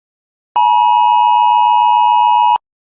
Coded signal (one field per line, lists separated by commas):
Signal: Emergency Alert System (SAME) tones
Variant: 853 and 960 Hz attention tone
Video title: Jayz Park S1 E4: EAS Test